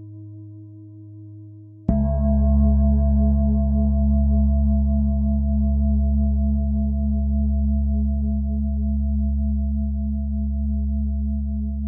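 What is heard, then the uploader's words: A singing bowl tone at 417 Hz hums low for two seconds, then a sharp strike swells it into a rich, steady ringing drone. 417 Hz.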